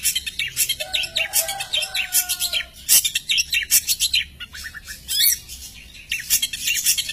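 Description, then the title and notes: Long-tailed shrike song: scratchy high chatter with a few clear, steady mid-pitched whistles, then irregular bursts. Masteran recording of assorted chirping birdsong, used for training songbirds. "cendet_05. Bermacam macam suara kicauan burung Masteran"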